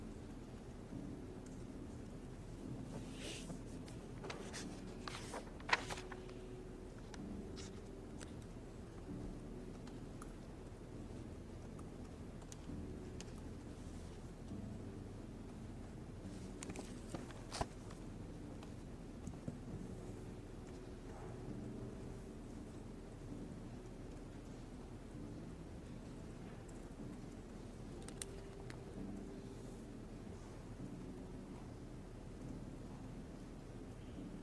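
Ambience inside the Yale library: a steady, low rumbling hum fills the whole recording. Sharp knocks and clicks break through now and then, clustered around the fifth and seventeenth seconds, with a lone tap near twenty-eight seconds.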